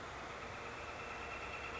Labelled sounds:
Northern Flicker
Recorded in Sonoma County, California

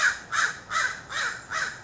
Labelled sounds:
American Crow
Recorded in Sonoma County, California

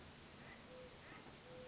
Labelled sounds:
Mourning Dove
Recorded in Sonoma County, California

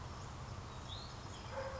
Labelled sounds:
Hutton's Vireo
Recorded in Sonoma County, California

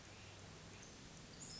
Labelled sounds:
Hermit Thrush
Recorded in Sonoma County, California

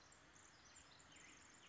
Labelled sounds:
Pacific Wren
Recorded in Sonoma County, California

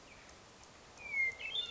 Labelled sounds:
Hermit Thrush
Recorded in Sonoma County, California

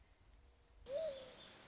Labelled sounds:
Mourning Dove
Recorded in Sonoma County, California

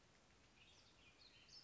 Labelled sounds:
Western Tanager
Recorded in Sonoma County, California

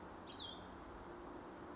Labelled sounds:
Cassin's Vireo
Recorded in Sonoma County, California

